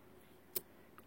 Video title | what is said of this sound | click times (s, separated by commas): Fix spen not working Samsung note 4 | faut être sûr que lorsque vous appuyez ici ça s'enclenche si ça se conjugue pas vous aurez pas | 0.6 s